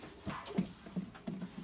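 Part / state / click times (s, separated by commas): expiratory valve into ventilator housing pocket / not seated / none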